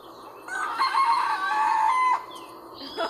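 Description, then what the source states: Rooster crowing, one drawn-out crow of about one and a half seconds holding a steady pitch and falling off at the end, with a brief noise afterwards. Played-back rooster crow sample in a comparison of different roosters; called crazy ('un loco').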